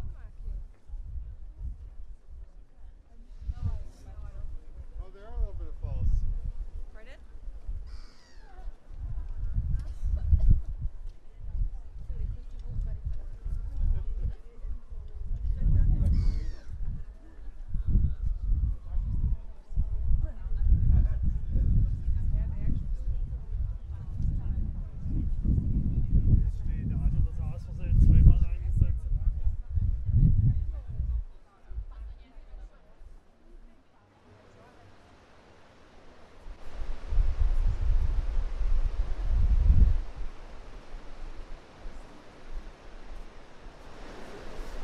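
A walk through Prague with steady crowd chatter and low rumble, a quiet dip near 33 seconds, then a hissing wash of noise.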